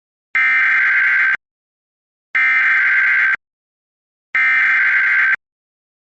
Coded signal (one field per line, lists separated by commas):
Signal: Emergency Alert System (SAME) tones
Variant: header bursts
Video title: EAS Recreation (08/04/24): Overlapping NWR Audio in Alert